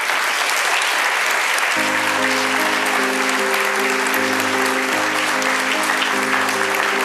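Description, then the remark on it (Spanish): A crowd in the rectory auditorium of Universidad Anáhuac applauds a sculptor loudly and steadily throughout, a dense wash of clapping, while sustained low musical tones enter after about two seconds and continue beneath it. “Démosle un fuerte aplauso a Sebastián, escultor.”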